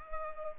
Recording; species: mosquito wingbeat signal from an infrared sensor; Culex pipiens